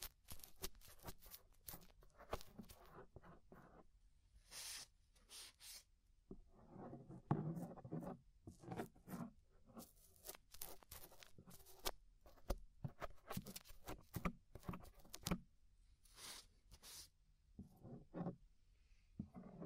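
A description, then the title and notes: Scraping inside the ear: dense, irregular scratches and rubs in quick clusters, with sharp bright bursts near 5, 7, and 15 seconds. Inner and Outer Ear Scraping (No Talking).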